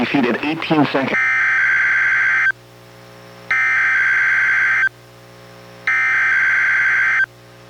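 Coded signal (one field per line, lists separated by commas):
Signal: Emergency Alert System (SAME) tones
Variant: header bursts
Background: speech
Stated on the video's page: NWR Required Weekly Test relayed by KEC91 Astoria, recorded from a Reecom R-1630 weather radio through a Zoom H1 audio recorder.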